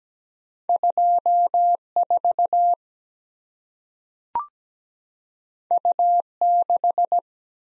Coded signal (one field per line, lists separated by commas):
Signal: Morse code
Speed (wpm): 17 wpm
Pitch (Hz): 700 Hz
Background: none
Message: 24 U6